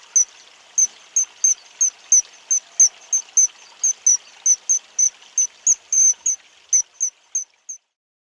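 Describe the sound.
Kingfisher calls: a rapid, steady train of thin, shrill high notes, fading at the end.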